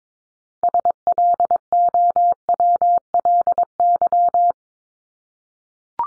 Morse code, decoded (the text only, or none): SLOWLY